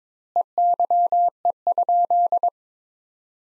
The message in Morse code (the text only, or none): EYE?